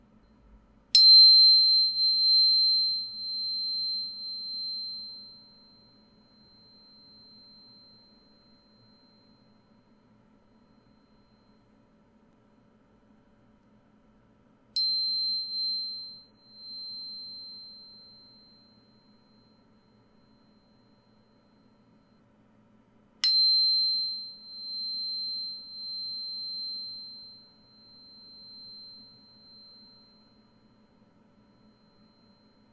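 A tuning fork is struck three times, near the start, around fifteen seconds and around twenty-three seconds. Each strike gives a sharp click, then a pure high tone that rings steadily and fades with slight wavering over several seconds. A faint low hum runs underneath throughout.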